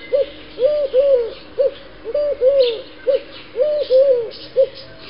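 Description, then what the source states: Eurasian collared dove song: low, hollow cooing in repeated three-note phrases, two longer arched coos followed by a short note, about every one and a half seconds. Spring 2016.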